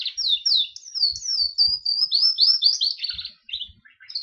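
Gloster canary singing a long, nearly unbroken run of fast slurred chirps and rolling trills, high and bright throughout.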